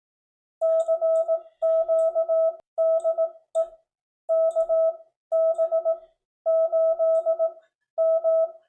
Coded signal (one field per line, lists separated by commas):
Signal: Morse code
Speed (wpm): 18 wpm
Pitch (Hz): 650 Hz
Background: none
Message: CQ DE KB8M